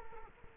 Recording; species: mosquito wingbeat signal from an infrared sensor; Culex quinquefasciatus